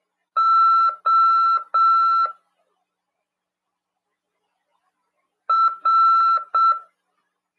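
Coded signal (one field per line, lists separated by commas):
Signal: Morse code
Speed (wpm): 7 wpm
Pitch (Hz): 1340 Hz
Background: none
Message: O R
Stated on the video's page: Amateur radio class on CW, heard over FM at 146.410 MHz.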